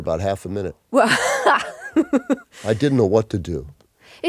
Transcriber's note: laughs